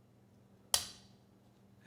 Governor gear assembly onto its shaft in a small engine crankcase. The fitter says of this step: and there it's clicked in place